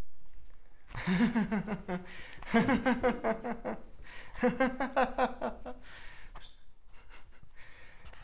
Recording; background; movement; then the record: laughter; quiet; sitting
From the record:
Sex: male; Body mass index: 20.6 kg/m2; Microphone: on the chest, facing outward